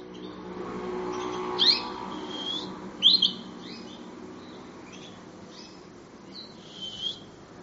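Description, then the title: Canary giving a few quick high chirps, two clear bursts then softer notes, over a steady low rumble of background noise. "kenari"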